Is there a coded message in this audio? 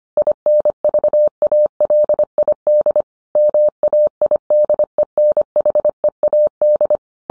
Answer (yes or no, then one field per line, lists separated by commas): yes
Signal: Morse code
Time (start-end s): 0.2-7.0 s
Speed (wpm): 25 wpm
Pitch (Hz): 600 Hz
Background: none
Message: INVALID MAIDENHEAD